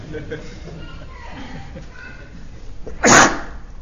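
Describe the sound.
A single loud, sharp sneeze bursts out near the end during an Islamic religious lecture, a brief hissing blast that follows a stretch of soft, low talking.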